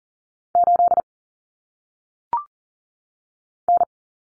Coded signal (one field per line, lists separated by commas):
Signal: Morse code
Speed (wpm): 40 wpm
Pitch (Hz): 700 Hz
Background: none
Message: 8 N